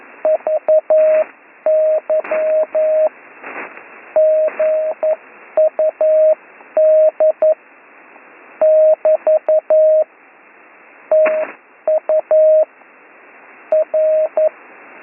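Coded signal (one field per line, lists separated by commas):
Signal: Morse code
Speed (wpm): 11 wpm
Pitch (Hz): 620 Hz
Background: radio noise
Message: VY GUD <BT> TU R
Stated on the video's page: Slow Morse code course lesson, week 9.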